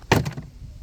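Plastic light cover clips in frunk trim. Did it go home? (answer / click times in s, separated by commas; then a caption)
released / 0.1 s. A plastic light cover in the frunk trim of a Tesla Model 3 or Model Y is pulled up by hand to release its clips, about seven of them, four along the top and three along the bottom. A sharp, loud plastic click at 0.1 s is followed by a couple of fainter clicks fading into quiet. The clips release.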